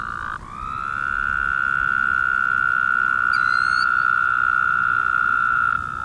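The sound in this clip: Woodhouse's toad producing one unbroken nasal buzzing trill of over five seconds, with a short high chirp from another animal partway through.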